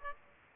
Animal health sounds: mosquito wingbeat signal from an infrared sensor; Aedes aegypti

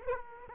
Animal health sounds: mosquito wingbeat signal from an infrared sensor; Aedes aegypti

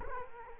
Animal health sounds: mosquito wingbeat signal from an infrared sensor; Culex quinquefasciatus

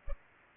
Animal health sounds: mosquito wingbeat signal from an infrared sensor; Culex pipiens

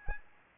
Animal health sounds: mosquito wingbeat signal from an infrared sensor; Aedes albopictus

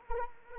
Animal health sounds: mosquito wingbeat signal from an infrared sensor; Anopheles arabiensis

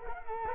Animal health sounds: mosquito wingbeat signal from an infrared sensor; Culex quinquefasciatus

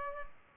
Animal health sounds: mosquito wingbeat signal from an infrared sensor; Culex pipiens

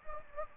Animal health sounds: mosquito wingbeat signal from an infrared sensor; Anopheles gambiae

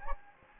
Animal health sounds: mosquito wingbeat signal from an infrared sensor; Anopheles gambiae

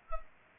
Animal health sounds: mosquito wingbeat signal from an infrared sensor; Culex pipiens

